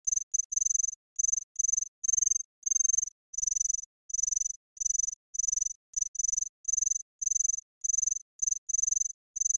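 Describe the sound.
Cicada call: short, high, buzzy bursts, some doubled, repeated with brief silences between them; nothing else is heard.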